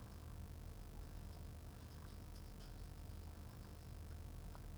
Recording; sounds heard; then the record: poultry house recording; sick chickens (respiratory disease)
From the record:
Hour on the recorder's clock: 16